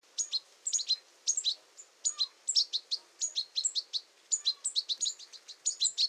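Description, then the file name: European goldfinch giving quick bright twittering notes in clustered bursts over faint background noise. "Carduelis carduelis"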